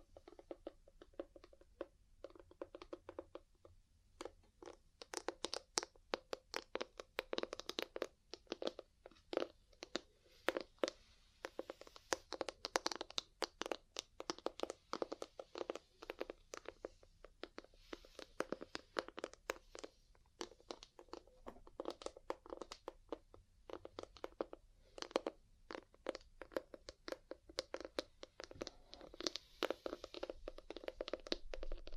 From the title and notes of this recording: ASMR 3Dio Mic Test Ear Cleaning, Massage, Cupping, Tapping (No Talking).